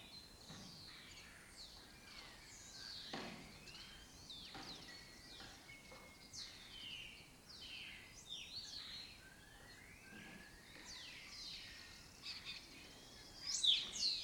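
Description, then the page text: Lesser kestrel calling in a busy chorus of quick, high, scratchy notes and downward-swooping squeals, packed closely together, with a louder burst near the end. Breeding colony in an abandoned building complex in Doñana; migratory raptor that forages in West Africa and breeds in southern Europe. "Lesser Kestrels Took Over an Abandoned Building. A migratory raptor wich spends its foraging time in West Africa and breeds in southern Europe. Here in Doñana"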